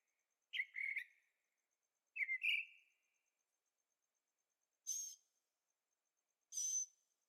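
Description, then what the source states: Bird calls: two buzzy, wavering chirps, then two harsh high bursts with a thin whistle, separated by quiet pauses. Birds singing at night in Carefree, Arizona; recorded with a Zoom H6 and stereo microphones.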